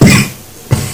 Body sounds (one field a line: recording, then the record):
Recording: coughing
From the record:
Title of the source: Mid-morning Winter Coughing Fit